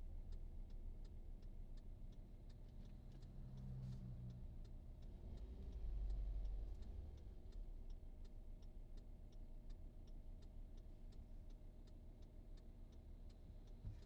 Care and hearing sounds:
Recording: everyday scene through a hearing-aid microphone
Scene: in a vehicle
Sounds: engine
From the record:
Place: VW T5 Caravelle, diesel engine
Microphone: in the ear canal, right

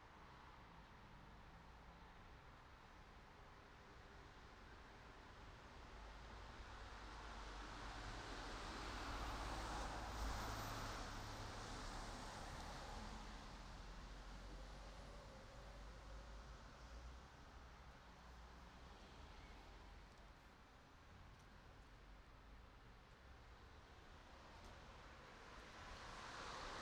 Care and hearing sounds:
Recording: everyday scene through a hearing-aid microphone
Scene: in traffic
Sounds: traffic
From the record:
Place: city secondary road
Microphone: in the ear canal, right

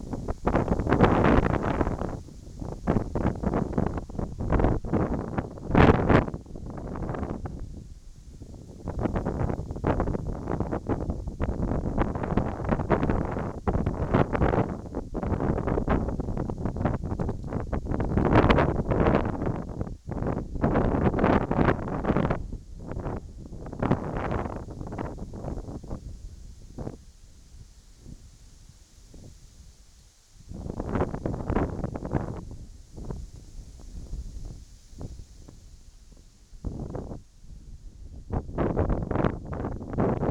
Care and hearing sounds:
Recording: everyday scene through a hearing-aid microphone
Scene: wind on the microphone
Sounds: wind, whistling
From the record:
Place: in front of a rural house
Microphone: in the ear canal, right

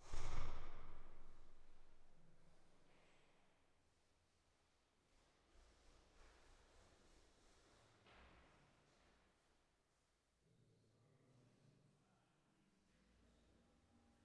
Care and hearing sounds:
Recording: everyday scene through a hearing-aid microphone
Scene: reverberant space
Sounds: speech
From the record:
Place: staircase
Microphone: behind the ear, right, rear

